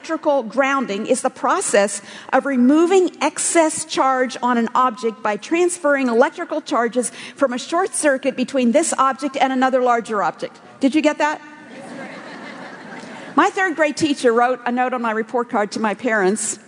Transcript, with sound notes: Electrical grounding is the process of removing excess charge on an object by transferring electrical charges from a short circuit between this object and another larger object. Did you get that? (laughter) My third-grade teacher wrote a note on my report card to my parents.